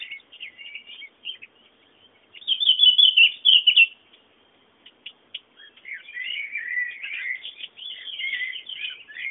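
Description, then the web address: Birds chirping and twittering in bursts of bright high notes, with a louder burst of rapid chirps near the middle, a quieter pause, then steady twittering to the end. Background bird sounds. "bullas Bullasdata sounds fondo pajaros"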